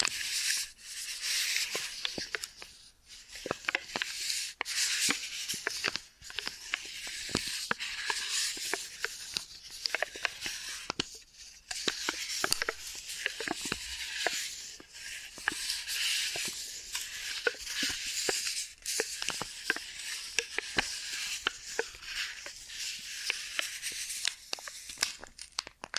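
Ear and scalp massage and cleaning: dense, continuous rubbing and scratching with a bright, hissy texture that rarely lets up. Sharp crackles and pops land irregularly throughout, with a few brief near-silent gaps around 3, 6 and 11 seconds.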